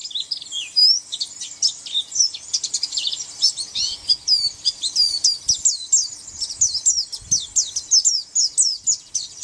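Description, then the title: White-eye song: a long, fast, jumbled warble of high twittering notes with thin rising and falling slurs, running almost without pause throughout. "Pleci"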